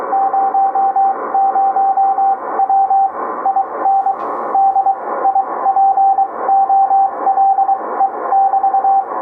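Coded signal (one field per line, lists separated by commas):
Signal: Morse code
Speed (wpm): 23 wpm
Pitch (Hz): 780 Hz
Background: radio noise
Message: 00W IN DIPOLE<BT>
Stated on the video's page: 40m amateur CW QSO via a 6-foot-high end-fed half-wave with 81:1 unun, 10 W rising to 100 W, weak signals around 579-589.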